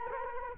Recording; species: mosquito wingbeat signal from an infrared sensor; Culex quinquefasciatus